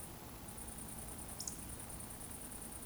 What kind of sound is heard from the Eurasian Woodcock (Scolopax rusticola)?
whistle